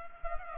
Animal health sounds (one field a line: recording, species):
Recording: mosquito wingbeat signal from an infrared sensor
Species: Culex pipiens